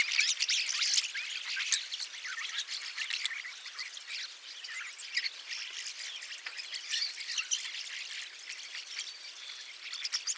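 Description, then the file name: Rosy starling song, rapid scratchy chattering with squeaky whistles, louder at the start and end, softer in the middle. "jalak mawar"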